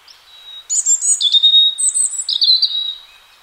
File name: robin